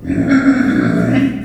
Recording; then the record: squeal of a Yucatan mini pig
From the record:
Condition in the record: after surgery on the right vocal fold (resection and tissue-engineered implant); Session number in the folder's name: 3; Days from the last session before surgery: 21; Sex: female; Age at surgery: 19 weeks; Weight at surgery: 25 kg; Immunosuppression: prednisolone